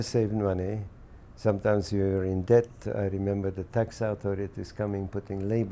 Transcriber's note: none